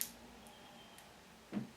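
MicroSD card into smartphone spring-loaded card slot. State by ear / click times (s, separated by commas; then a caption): seated / 0.0 s. A 32 GB microSD card is pushed into the spring-loaded card slot of a Galaxy S4 smartphone, giving a sharp single click at 0.0 s as it latches. Faint high ticks follow near 0.5 s and 1.0 s, and a louder low thump comes around 1.6 s. The card is seated all the way in place.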